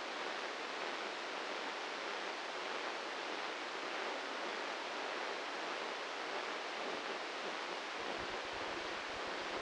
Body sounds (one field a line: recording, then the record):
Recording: brain microelectrode recording played as sound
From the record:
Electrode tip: inside the subthalamic nucleus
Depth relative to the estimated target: 2 mm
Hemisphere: left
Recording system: NeuroSet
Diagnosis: Parkinson's disease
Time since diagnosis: 15 years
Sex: male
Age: 65 years